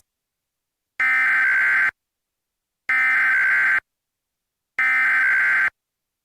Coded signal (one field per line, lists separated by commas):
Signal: Emergency Alert System (SAME) tones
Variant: header bursts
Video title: KC Presents - EAS Scenario #6: Lost in Silence - A Non-Nuclear Situation